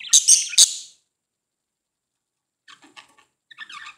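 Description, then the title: Budgerigar giving a few loud sharp high chirps, then a long pause and soft scratchy chattering notes near the end. "Budgie Sounds"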